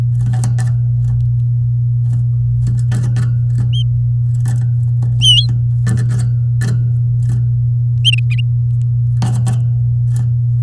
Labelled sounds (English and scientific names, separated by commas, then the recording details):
Domestic Canary (Serinus canaria) song
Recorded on 6 May 2018 at 09:13
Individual llb16